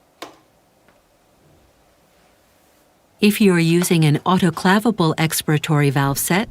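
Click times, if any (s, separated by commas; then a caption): 0.2 s. An expiratory valve, a plastic housing with a silicone membrane and metal plate, is set straight into the expiratory port of a HAMILTON C6 ventilator and twisted clockwise until it locks. A sharp click at 0.2 s marks it seating, followed by a faint tap near 0.9 s and quiet until someone talks from about 3.2 s. The valve is seated.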